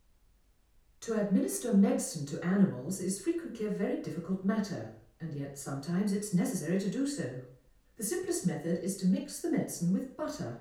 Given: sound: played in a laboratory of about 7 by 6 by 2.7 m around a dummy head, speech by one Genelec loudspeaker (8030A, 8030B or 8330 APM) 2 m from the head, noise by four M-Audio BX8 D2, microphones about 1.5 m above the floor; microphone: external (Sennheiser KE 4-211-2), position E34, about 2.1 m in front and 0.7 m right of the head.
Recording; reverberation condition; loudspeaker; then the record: female speech in English; medium; behind (180 degrees)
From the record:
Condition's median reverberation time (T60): about 510 ms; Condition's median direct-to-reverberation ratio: about -0.5 dB